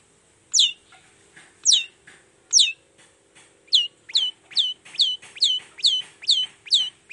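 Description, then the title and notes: Long-tailed shrike song of high falling whistled notes, first spaced then quickening into a rapid repeated series, with faint hum behind. Cendet song with toet toet variations, in the morning; described as lively and calling to provoke other shrikes to answer. "Cendet Gacor Dor Di Kala Pagi Toet Toet Variasi Suara. Cendet Gacor Pagi Hari Biangnya Bikin Cendet Manapun Langsung On Nyaut Buka Materi. Burung cendet"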